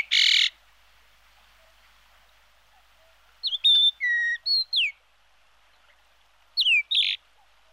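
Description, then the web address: Ochre-rumped bunting: a brief harsh burst opens, then after a long pause come short, clear whistled notes, some level and some sharply falling, in two later clusters. "emberiza yessoensis"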